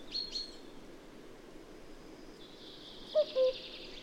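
Cuckoo giving a single two-note call near the end, first note higher, second lower, after faint high chirps from other birds over steady background noise.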